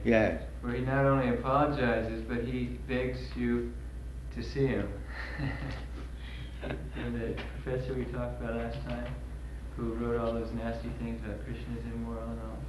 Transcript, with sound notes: Yes.
...where he not only apologizes, but he begs you to see him. [laughs] That professor we talked about last time, who wrote all those nasty things, that Kṛṣṇa's immoral and all.